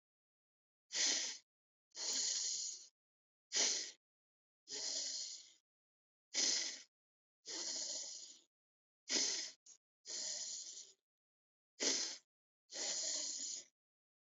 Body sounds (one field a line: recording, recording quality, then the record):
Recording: deep breathing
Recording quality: excellent, no background noise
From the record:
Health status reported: respiratory illness, not identified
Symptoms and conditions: breathing difficulty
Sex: male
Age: 22 years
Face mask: not worn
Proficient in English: yes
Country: India